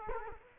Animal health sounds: mosquito wingbeat signal from an infrared sensor; Culex quinquefasciatus

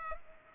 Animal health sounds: mosquito wingbeat signal from an infrared sensor; Culex pipiens

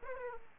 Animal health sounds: mosquito wingbeat signal from an infrared sensor; Aedes aegypti

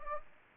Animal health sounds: mosquito wingbeat signal from an infrared sensor; Anopheles gambiae

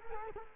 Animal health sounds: mosquito wingbeat signal from an infrared sensor; Culex quinquefasciatus

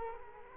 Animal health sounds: mosquito wingbeat signal from an infrared sensor; Culex quinquefasciatus

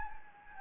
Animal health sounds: mosquito wingbeat signal from an infrared sensor; Anopheles gambiae

